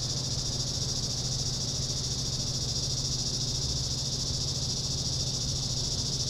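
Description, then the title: Cicadas produce an unbroken shrill buzz at an even level throughout, with a deep hum underneath. Summer cicadas. "neoscenes: summer cicadas"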